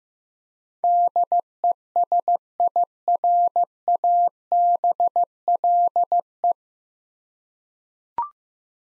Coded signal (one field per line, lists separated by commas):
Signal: Morse code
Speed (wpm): 16 wpm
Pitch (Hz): 700 Hz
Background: none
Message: DESIRABLE